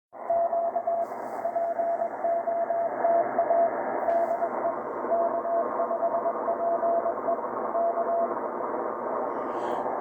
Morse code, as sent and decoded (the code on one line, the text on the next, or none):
--.- / .--. --- - .- / -.. . / -.- ..... .--. . / -.-
Q POTA DE K5PE K